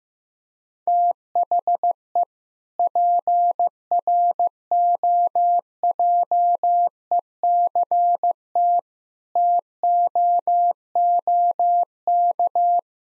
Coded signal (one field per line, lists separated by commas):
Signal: Morse code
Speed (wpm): 15 wpm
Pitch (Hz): 700 Hz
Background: none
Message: THE PROJECT TOOK